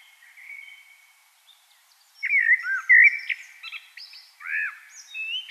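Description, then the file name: Common blackbird song: a soft whistled lead-in, then loud looping fluty notes mixed with high, thin squeaky twitters. "Turdus merula"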